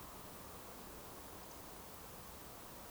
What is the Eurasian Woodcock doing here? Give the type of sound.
whistle